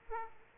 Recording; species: mosquito wingbeat signal from an infrared sensor; Aedes aegypti